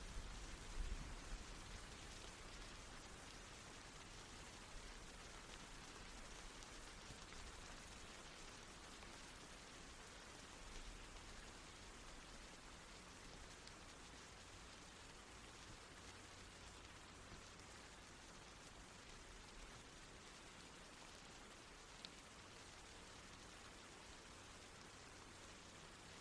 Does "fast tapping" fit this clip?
no